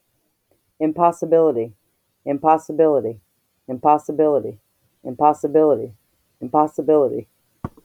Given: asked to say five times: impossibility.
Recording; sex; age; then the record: repeated word; female; 40 to 49 years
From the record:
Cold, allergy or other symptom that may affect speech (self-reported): no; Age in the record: 43 years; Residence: United States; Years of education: 12